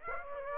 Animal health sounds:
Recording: mosquito wingbeat signal from an infrared sensor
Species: Aedes aegypti

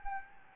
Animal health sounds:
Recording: mosquito wingbeat signal from an infrared sensor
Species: Anopheles gambiae

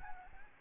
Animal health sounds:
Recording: mosquito wingbeat signal from an infrared sensor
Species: Aedes albopictus

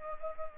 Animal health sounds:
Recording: mosquito wingbeat signal from an infrared sensor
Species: Culex pipiens

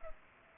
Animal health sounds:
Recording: mosquito wingbeat signal from an infrared sensor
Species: Culex pipiens

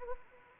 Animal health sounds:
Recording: mosquito wingbeat signal from an infrared sensor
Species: Anopheles arabiensis

